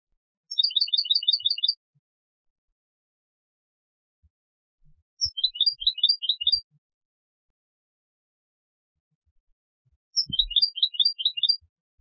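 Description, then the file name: European goldfinch call, three bright twittering bursts of fast tinkling high notes, spaced roughly every four to five seconds, with quiet gaps between. "Carduelis carduelis"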